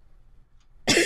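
After near silence, one abrupt, loud, harsh cough bursts out and is cut off at the end. It is a single dry-sounding cough from an adult woman with a cold, with nasal congestion and runny nose, who coughs from time to time.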